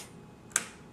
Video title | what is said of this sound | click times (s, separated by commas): Stampin' Up! Big Shot Tutorial | going to set this down you'll feel it just kind of click in place | 0.6 s